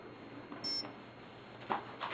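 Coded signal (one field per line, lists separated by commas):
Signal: beep code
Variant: Align ESC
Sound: a single short electronic beep, followed by a couple of soft clicks or rustles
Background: handling noise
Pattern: 1 short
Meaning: First programming mode reached: the brake setting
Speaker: that one beep means I'm at the first mode which is the break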